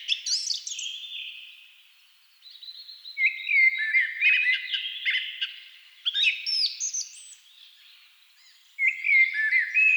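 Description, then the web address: Thrush song with flowing whistled phrases and chattering flourishes, returning after short pauses. Several thrushes singing at dusk. "agykontroll CD 3-A természet hangjai Rigók szürkületkor"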